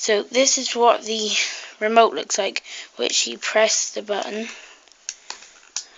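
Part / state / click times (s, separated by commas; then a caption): hinged section of a toy remote control locking upright on the remote body / seated / 5.8 s. Someone talks about a toy car's plastic remote control, then presses a button so a hinged section of the remote lifts up and locks upright on the remote body. A few small clicks follow the talk, with the section locking into place at 5.8 s.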